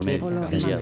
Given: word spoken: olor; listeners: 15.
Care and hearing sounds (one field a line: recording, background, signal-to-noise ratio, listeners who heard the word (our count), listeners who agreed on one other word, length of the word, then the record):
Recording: one Spanish word in noise, from a listening test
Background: four-talker babble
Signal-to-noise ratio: -1.2 dB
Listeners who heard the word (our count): 2 of 15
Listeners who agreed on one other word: 9 of 15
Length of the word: 0.42 s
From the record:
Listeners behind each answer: 9, 2, 1, 1, 1, 1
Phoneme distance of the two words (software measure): 7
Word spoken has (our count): 2 syllables, 4 phonemes, stress on syllable 2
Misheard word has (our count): 2 syllables, 5 phonemes, stress on syllable 2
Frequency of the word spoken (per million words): 43.37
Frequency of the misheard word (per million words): 141.42